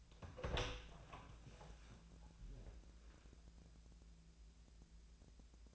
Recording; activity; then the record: daily activity, microphone in the room; open door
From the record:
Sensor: 2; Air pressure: 1000.3 hPa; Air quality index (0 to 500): 166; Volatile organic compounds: 3 ppm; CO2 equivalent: 1378 ppm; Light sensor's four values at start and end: 10/24/10/11 and 10/25/10/11